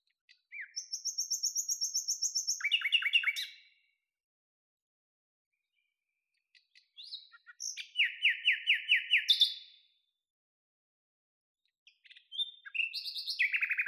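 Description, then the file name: Common nightingale song: three phrases separated by pauses, each a fast run of repeated notes with high, sharp trills, against a silent background. "Luscinia megarhynchos"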